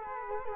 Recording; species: mosquito wingbeat signal from an infrared sensor; Culex quinquefasciatus